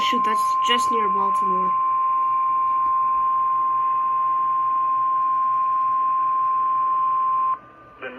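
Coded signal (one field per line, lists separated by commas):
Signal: Emergency Alert System (SAME) tones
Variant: 1050 Hz attention tone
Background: speech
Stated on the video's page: Tornado warning recorded on a phone; the recording cuts off because the phone's storage was full.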